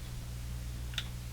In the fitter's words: There, you hear that click?